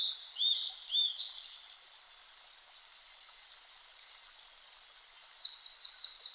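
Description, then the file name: Blue-and-white flycatcher song: a few high whistled slurred notes, a pause, then a quick run of repeated high notes near the end; faint background hiss. Recorded 5 May 2008 at 07:51. "ooruri-20080505-0751"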